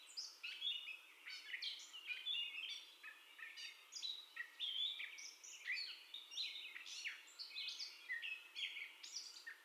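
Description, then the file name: Gray catbird rattling off a long sequence of varied squeaky and buzzy notes in short clusters, steady and unhurried throughout. First song, recorded 30 May 2021. "2021-05-30 Catbird First Song 0448"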